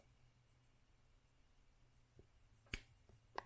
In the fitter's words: click now it's attached